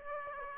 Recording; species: mosquito wingbeat signal from an infrared sensor; Aedes aegypti